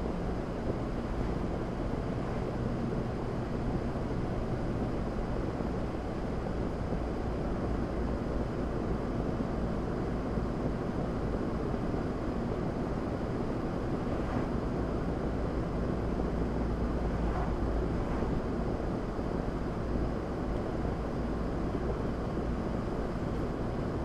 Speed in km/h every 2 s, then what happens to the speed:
76, 77, 74, 71, 72, 74, 74, 71, 66, 69, 72, 74.
0-13 steady at about 74. 13-16 slows to 66. 16-24 speeds up to 74.